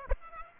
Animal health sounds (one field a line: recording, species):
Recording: mosquito wingbeat signal from an infrared sensor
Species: Aedes aegypti